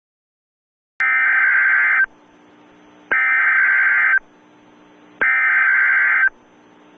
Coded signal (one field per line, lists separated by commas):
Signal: Emergency Alert System (SAME) tones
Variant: header bursts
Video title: EAS Code W Warning 8/27/10